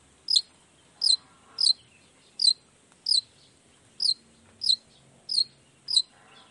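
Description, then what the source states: Long-tailed shrike giving short, sharp high notes repeated about every half to one second. Lively long-tailed shrike singing in the morning with 'toet toet' sound variations, used to stimulate lazy shrikes into singing along quickly.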